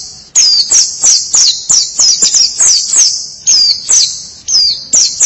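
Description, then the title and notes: White-eye song: a fast, nearly unbroken stream of very high, thin twittering notes with quick downward slurs, bursts following one another with barely a pause. Chirping song. "Suara kicauan burung pleci"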